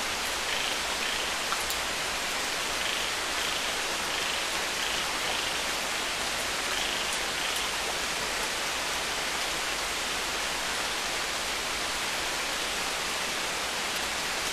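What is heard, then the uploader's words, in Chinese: Steady, dense rain falls through a small grove, a soft even hiss with faint scattered drips and occasional light ticks throughout. 春雨绵绵 小树林的雨。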